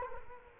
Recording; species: mosquito wingbeat signal from an infrared sensor; Culex quinquefasciatus